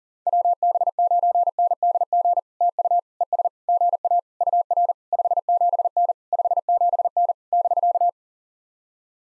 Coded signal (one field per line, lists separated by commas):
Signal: Morse code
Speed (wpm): 40 wpm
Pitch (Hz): 700 Hz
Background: none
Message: WB9NDG TU ES GA UR 57N 57N <BK>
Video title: POTA QSO Practice - 40wpm